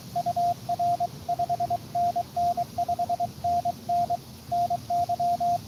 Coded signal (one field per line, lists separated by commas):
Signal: Morse code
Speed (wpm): 23 wpm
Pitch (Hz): 700 Hz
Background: radio noise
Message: UR 5NN 5NN NY